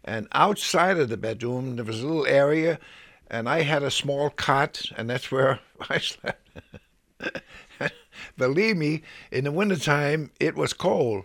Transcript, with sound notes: And outside of the bedroom there was a little area, and I had a small cot, and that's where I slept. (he laughs) Believe me, in the winter time it was cold.